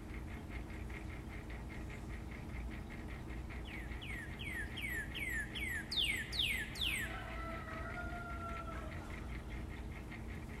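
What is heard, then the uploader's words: A red cardinal sings a run of quick repeated notes, steady at first, then sliding into sharper, louder downward sweeps around six to seven seconds. A long, wavering crow from a rooster follows near the end, over a constant low rumble throughout. Cardinal and Rooster Duet. I was enchanted by the beautiful song of red cardinal in my backyard who was then joined in a duet by my neighbor's rooster.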